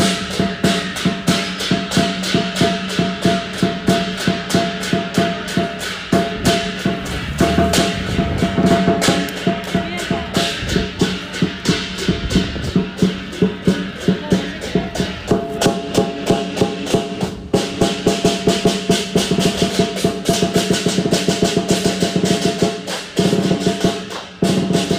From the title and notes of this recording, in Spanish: Ritual muy especial de comunidad china en un pequeño templo en Malaca: la danza del dragón. Los tambores al compás, los músicos acompañando.